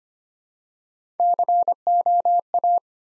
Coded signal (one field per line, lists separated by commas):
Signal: Morse code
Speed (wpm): 25 wpm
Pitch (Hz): 700 Hz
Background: none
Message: COA